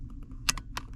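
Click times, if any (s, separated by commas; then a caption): 0.5 s. A plastic battery tray holding eight batteries is pushed back into the body of a Wosports G600 trail camera, a second push to show it again, and it snaps into place with a sharp click at 0.5 s. Quieter ticks come before it, a few more smaller clicks follow, and the tray ends up seated.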